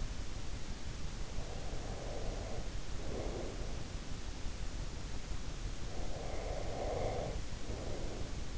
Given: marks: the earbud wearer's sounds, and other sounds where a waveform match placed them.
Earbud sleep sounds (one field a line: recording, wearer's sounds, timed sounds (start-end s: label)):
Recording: sounds in sleep by an in-ear microphone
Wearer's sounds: breath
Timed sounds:
1.11-4.05 s: breath
5.94-8.58 s: breath